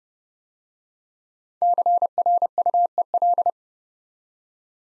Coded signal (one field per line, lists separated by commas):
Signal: Morse code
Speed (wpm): 30 wpm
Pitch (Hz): 700 Hz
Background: none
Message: CRUEL